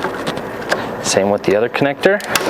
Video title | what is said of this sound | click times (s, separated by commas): How To: Jeep Wrangler JL 2.0L PCM Swap | simply slide it down into place slide your gray connector back until you hear it click | 0.7 s